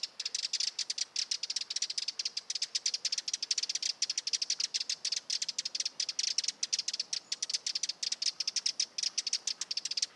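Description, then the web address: Eurasian wren delivering a rapid, high-pitched trilling song, notes packed tightly and steady in loudness from start to finish. Nominate subspecies Troglodytes troglodytes troglodytes. "Vogelstimmen Vogelstimme Zaunkoenig 2-Eurasian Wren - Troglodytes troglodytes troglodytes"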